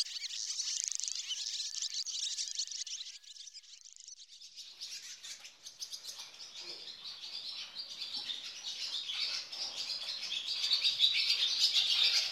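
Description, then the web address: Barn swallow song: high twittering starts, a few short lower notes repeat near two to three seconds, then a long rapid chattering warble builds to a loud trill at the end. On telephone wires; in a barn. "Swedish Bird Songs Ladusvala, Hirundo rustica"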